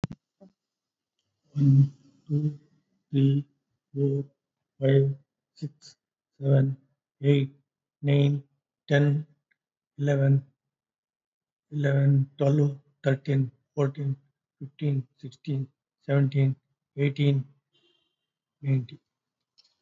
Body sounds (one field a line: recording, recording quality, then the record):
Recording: counting at a normal pace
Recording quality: excellent, no background noise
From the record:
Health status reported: COVID-19 positive, mild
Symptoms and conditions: cough, fever, fatigue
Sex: male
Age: 62 years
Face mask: not worn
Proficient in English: yes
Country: India